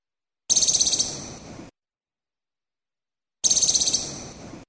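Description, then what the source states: Moluccan woodcock with two rough, pulsed high-pitched bursts, loudest at the start and fading out, about three seconds apart, silence in between. From Maluku.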